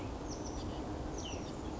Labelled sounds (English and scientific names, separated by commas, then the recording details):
Cassin's Vireo (Vireo cassinii)
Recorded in Sonoma County, California